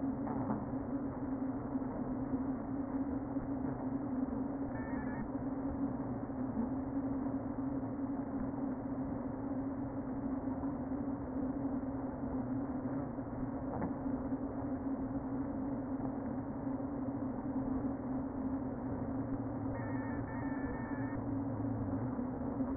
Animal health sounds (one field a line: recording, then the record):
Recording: honeybee colony, microphone inside the hive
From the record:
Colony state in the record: queen present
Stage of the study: before two queens were removed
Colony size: about 60,000 bees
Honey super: yes